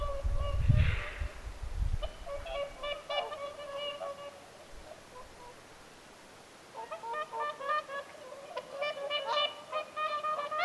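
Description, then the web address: Whooper swans honking in two bursts of overlapping trumpeting calls, with low rumbling thumps near the start and a quiet gap between. Several whooper swans calling at Lintulahti on 6 November 2025. "paivat 6 11 2025 laulujoutsenten aantelya lintulahdella"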